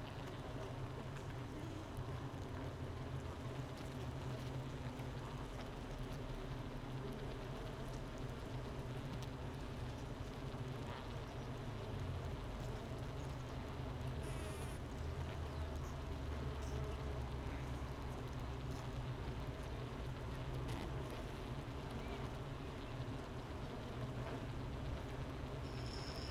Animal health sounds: honeybee colony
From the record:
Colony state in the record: missing queen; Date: 31 May 2018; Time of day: 9:35

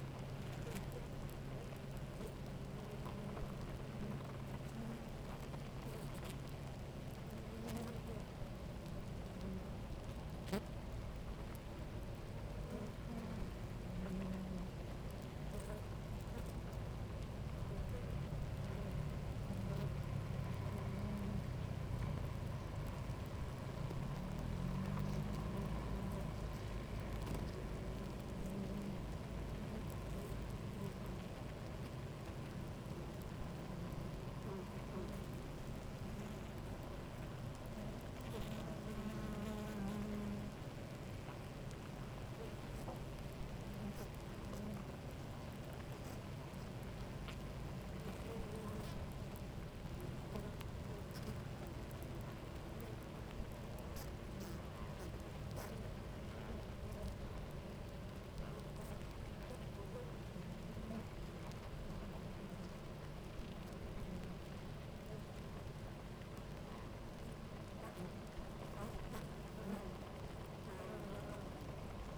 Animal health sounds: honeybee colony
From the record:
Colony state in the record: active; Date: 28 July 2017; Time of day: 11:14

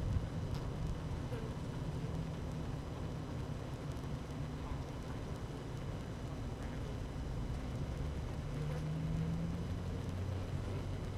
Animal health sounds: honeybee colony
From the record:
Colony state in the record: active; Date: 12 June 2018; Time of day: 12:30

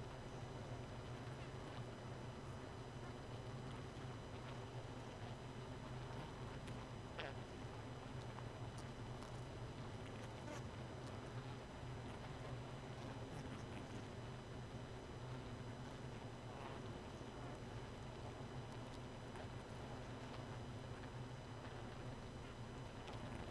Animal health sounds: honeybee colony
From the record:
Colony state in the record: missing queen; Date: 31 May 2018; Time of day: 0:52

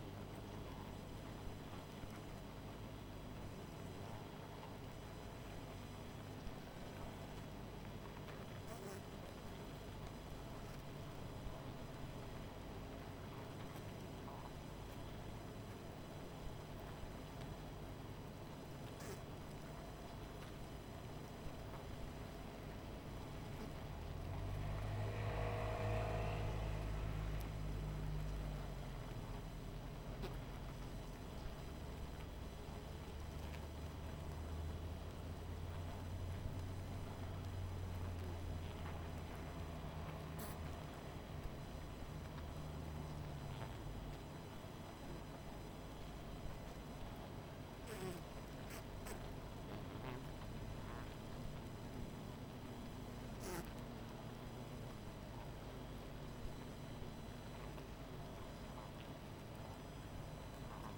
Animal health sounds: honeybee colony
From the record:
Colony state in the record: missing queen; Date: 14 July 2017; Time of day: 20:13

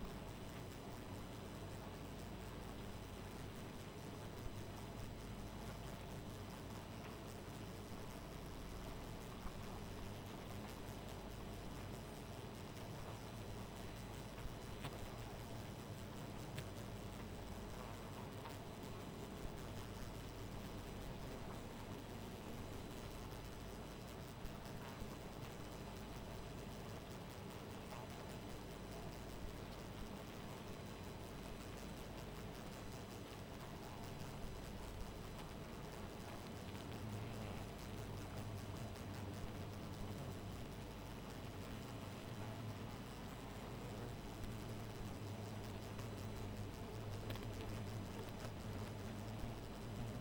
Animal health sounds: honeybee colony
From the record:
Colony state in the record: missing queen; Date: 14 July 2017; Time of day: 2:02

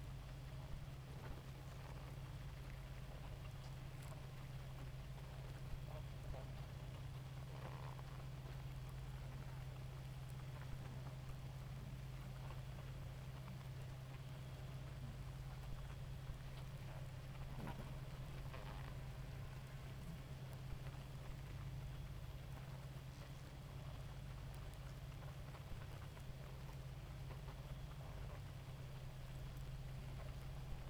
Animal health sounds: honeybee colony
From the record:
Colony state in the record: active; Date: 28 July 2017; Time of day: 2:34

